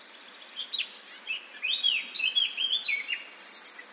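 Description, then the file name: Eurasian blackcap song: brief scratchy notes, then a run of rich fluty whistles with swooping, descending phrases. "Sylvia atricapilla"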